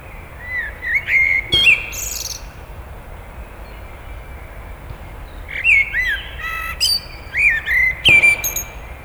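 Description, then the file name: Eurasian blackbird delivering repeated song phrases: smooth, fluted whistles sliding up and down, each finished with a burst of high, sharp twitters, in a quiet setting. "Turdus merula"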